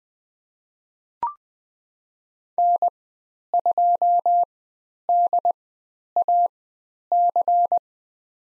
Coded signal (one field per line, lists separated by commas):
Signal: Morse code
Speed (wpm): 20 wpm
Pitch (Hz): 700 Hz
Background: none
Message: N2DAC